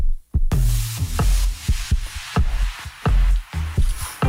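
human body sound, human heartbeat

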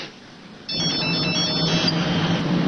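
signal or alarm, telephone ringing

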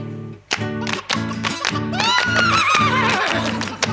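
animal, horse neighing

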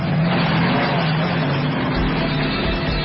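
vehicle, car engine revving

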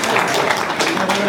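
crowd, audience applause

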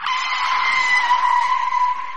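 vehicle, car braking hard

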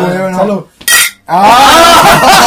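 household object, glasses clinking

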